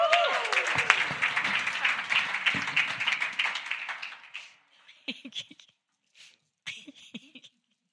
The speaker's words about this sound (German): Amen, gib dir mal einen Applaus.